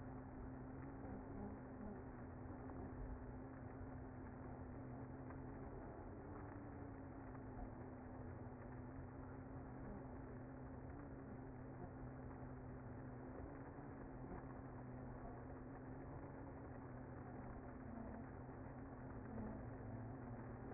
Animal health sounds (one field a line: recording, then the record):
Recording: honeybee colony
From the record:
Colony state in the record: active